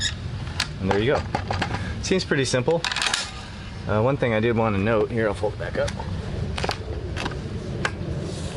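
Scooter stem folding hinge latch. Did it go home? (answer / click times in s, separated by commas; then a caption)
yes / 7.9 s. Someone talks while folding a 2018 Glion Dolly Model 215 electric scooter back up. The metal stem folding hinge latch engages with a sharp, positive click at 7.9 s, seating firmly.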